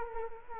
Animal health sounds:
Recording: mosquito wingbeat signal from an infrared sensor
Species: Culex quinquefasciatus

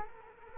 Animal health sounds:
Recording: mosquito wingbeat signal from an infrared sensor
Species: Culex quinquefasciatus

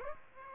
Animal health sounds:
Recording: mosquito wingbeat signal from an infrared sensor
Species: Aedes aegypti

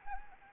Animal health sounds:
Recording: mosquito wingbeat signal from an infrared sensor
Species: Anopheles arabiensis

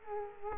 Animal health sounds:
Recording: mosquito wingbeat signal from an infrared sensor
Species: Culex quinquefasciatus

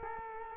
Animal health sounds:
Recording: mosquito wingbeat signal from an infrared sensor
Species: Culex quinquefasciatus

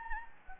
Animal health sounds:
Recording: mosquito wingbeat signal from an infrared sensor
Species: Anopheles gambiae

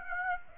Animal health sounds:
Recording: mosquito wingbeat signal from an infrared sensor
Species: Aedes aegypti

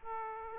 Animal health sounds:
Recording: mosquito wingbeat signal from an infrared sensor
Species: Aedes aegypti

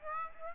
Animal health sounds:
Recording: mosquito wingbeat signal from an infrared sensor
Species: Aedes aegypti

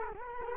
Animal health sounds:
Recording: mosquito wingbeat signal from an infrared sensor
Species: Culex quinquefasciatus

